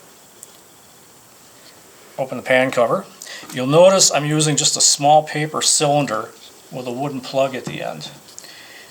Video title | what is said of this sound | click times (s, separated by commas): 15th Century "Snapping Matchlock" Shooting Tutorial | set the serpentine back till it clicks on the sear | 0.4 s